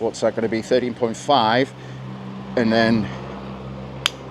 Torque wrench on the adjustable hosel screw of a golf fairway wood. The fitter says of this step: there's the click and then we'll see how far much more distance